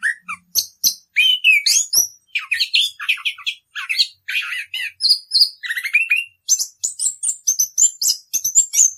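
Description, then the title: Orange-headed thrush song: busy, varied twittering and whistled notes in quick succession, with short pauses between bursts. Song style called ngerol, a rolling continuous delivery; used as a masteran, a training recording for caged songbirds. "Anis Kembang 9. suara anis kembang ngerol"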